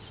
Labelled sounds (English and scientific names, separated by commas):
Worm-eating Warbler (Helmitheros vermivorum) flight call